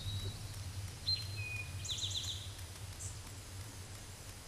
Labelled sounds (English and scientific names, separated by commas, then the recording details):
Eastern Towhee (Pipilo erythrophthalmus) song
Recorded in a Pennsylvania forest on 17 May 2023 at 13:25
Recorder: AudioMoth, point grid1_32_low
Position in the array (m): 112 m, 106 m